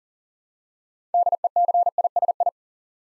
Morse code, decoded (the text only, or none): DECISI